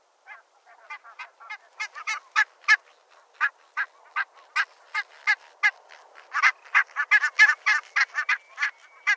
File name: HVITKINNGÅS FLUKTLYD